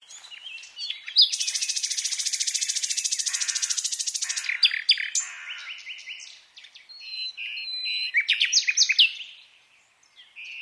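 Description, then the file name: Common nightingale song opening with a few short notes, then a long, dry buzzing rattle of rapid repeated notes, followed by varied whistles, chirps and short trills. "Luscinia megarhynchos"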